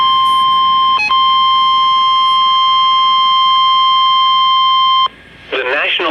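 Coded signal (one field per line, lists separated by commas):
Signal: Emergency Alert System (SAME) tones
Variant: 1050 Hz attention tone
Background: speech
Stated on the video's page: Severe thunderstorm warning from NOAA weather radio station KEC60 Milwaukee, Wisconsin.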